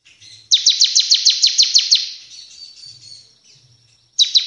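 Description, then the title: Bar-winged prinia singing a loud, even run of about a dozen sharp descending chips, trailing into softer twittering, with a fresh burst starting at the end. Actively singing bird; training recording for other cage birds; described as delivering three song types. "Ciblek gacor nembak 3 lagu untuk masteran"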